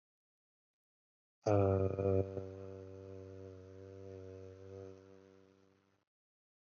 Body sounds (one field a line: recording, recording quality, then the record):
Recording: sustained vowel as in made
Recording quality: excellent, no background noise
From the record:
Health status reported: COVID-19 positive, mild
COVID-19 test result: positive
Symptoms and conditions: sore throat, fever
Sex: male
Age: 23 years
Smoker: not ticked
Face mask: not worn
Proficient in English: yes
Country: India